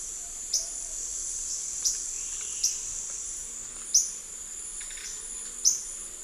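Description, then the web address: Black-tailed myiobius giving sharp, high, thin chip notes, one roughly every one to two seconds, over a steady high insect drone. A pair calling, recorded in the eastern lowlands of South America. "Natures Songs S America Eastern Lowlands Myiobius atricaudus, calls pair"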